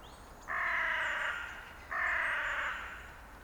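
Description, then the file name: Carrion crow calling two drawn-out, raspy caws, each nearly a second long and separated by a short pause, over quiet background. "Corvus corone"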